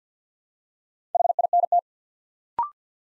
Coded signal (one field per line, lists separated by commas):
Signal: Morse code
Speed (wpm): 50 wpm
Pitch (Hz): 700 Hz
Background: none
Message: HINT